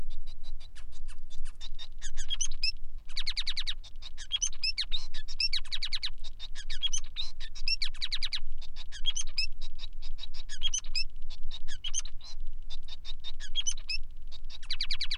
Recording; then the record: song of a male Bengalese finch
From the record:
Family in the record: son of father 5